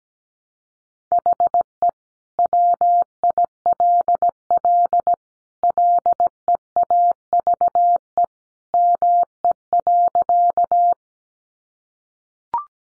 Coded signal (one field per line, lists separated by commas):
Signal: Morse code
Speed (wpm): 17 wpm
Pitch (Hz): 700 Hz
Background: none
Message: HE WILL LEAVE ME.